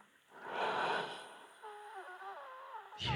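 An adult woman's rushing breath is followed by a high, musical whistle lasting over a second, with several pitches sounding at once and gliding downward. This is bronchial wheezing, a sign of narrowed airways, heard while she was very ill.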